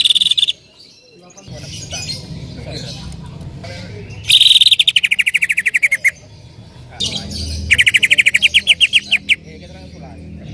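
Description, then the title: Bird song with rapid descending trills of repeated notes in two bursts, separated by scratchy chatter, over a steady low hum. "Kicau Burung"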